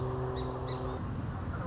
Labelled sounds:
Song Sparrow (Melospiza melodia)
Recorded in Sonoma County, California

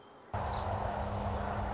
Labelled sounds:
Song Sparrow (Melospiza melodia)
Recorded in Sonoma County, California

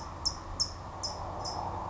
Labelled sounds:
California Towhee (Melozone crissalis)
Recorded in Sonoma County, California

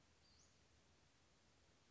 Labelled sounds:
Western Flycatcher (Empidonax difficilis)
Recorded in Sonoma County, California

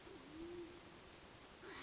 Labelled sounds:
Band-tailed Pigeon (Patagioenas fasciata)
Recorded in Sonoma County, California

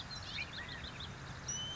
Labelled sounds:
California Quail (Callipepla californica)
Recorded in Sonoma County, California

